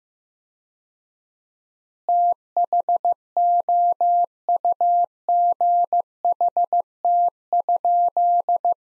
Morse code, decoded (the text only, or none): THOUGHT?